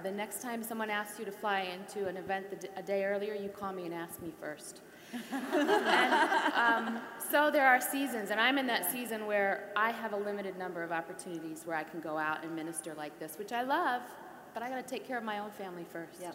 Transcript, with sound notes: The next time someone asks you to fly into an event a day earlier, you call me and ask me first.” (Laughter) So there are seasons, and I'm in that season where I have a limited number of opportunities where I can go out and minister like this, which I love, but I have to take care of my own family first.